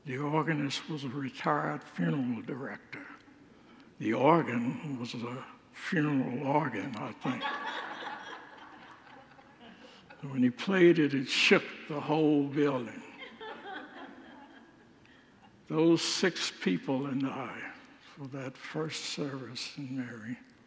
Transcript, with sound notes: The organist was a retired funeral director. The organ was a funeral organ, I think. [Congregants laugh] When he played it, it shook the whole building. Those six people and I for that first service, and Mary;